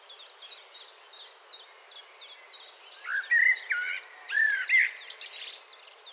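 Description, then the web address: Common blackbird song: mellow fluting phrases and squeaky high flourishes in the latter half, after a run of rapid high ticks. "SETE data Turdus merula 181122"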